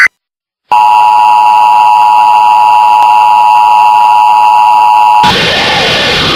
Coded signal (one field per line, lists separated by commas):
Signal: Emergency Alert System (SAME) tones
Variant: 853 and 960 Hz attention tone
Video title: EAS Warning